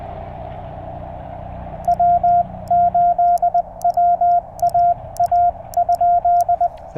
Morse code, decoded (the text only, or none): W8WAA ?